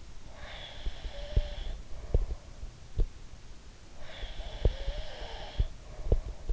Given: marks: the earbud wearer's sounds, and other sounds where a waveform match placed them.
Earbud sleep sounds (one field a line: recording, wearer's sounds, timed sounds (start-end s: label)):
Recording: sounds in sleep by an in-ear microphone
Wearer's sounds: breath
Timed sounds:
0.22-2.35 s: breath
0.81-3.08 s: sound from someone else or the room
3.97-6.53 s: breath
4.26-6.53 s: sound from someone else or the room